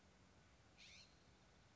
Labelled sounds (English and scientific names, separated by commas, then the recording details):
California Scrub-Jay (Aphelocoma californica)
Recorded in Sonoma County, California